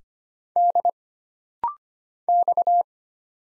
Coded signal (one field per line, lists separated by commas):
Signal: Morse code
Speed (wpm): 25 wpm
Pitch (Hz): 700 Hz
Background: none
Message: D X